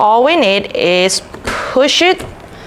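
The positive and negative battery leads are being pushed into the terminals of a solar charge controller while someone talks. Light handling noises sit under the voice, but nothing has seated or clicked yet by the end of the clip.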